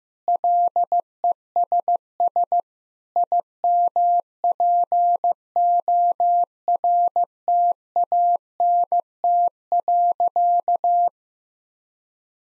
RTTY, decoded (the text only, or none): none